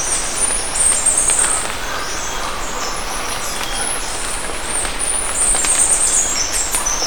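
Bird calls, high wavering chatter in bursts at the start and end with quieter chirps between, over a steady low background hiss.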